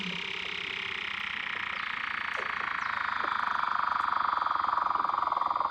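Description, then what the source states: Weddell seal underwater sound: a loud, rapidly pulsed buzzing trill that gradually grows louder, with a few faint chirps. Weddell seals recorded underwater by Douglas Quin.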